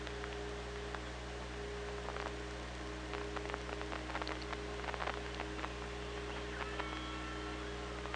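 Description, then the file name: Orca clicks in dense irregular bursts, then several thin high whistles near the end, over constant low hum and background hiss. OrcaLab hydrophone, 24 August 2017, 16:17. "Orca Lab UTLN JASON 20170824 161757"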